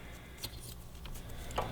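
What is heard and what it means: A fuel line quick-connect coupling is pushed onto the fuel pump outlet on the fuel tank of a 2017 Yamaha R6 motorcycle, with faint handling noise and small ticks before it latches with a sharp positive click at 1.6 s. The connection is confirmed as good and seated.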